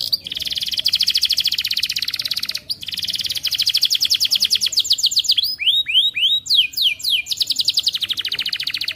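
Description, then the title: Canary song with long rapid trills, then a run of swept whistled notes and quick notes at the end. Canary song, lively, with varied ornamented phrases and rich filler notes. "Kenari Gacor Cengkok Terbaik Isian Paling Mewah"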